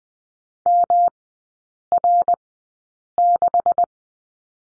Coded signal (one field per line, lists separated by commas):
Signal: Morse code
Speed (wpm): 20 wpm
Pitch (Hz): 700 Hz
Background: none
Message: MR6